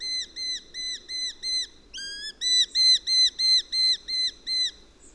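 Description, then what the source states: Eurasian hobby calling a rapid series of clear whistled notes, about three per second, louder in the second half. Calls from an adult perched in a tree.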